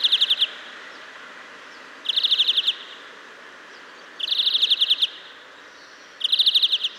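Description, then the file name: European greenfinch calling with quick rattling trills of evenly spaced notes, four bursts spaced roughly two seconds apart over faint background hiss. "Chloris chloris"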